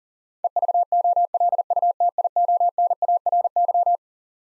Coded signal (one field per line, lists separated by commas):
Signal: Morse code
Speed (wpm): 40 wpm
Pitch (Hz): 700 Hz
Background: none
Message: EVOLUTIONARY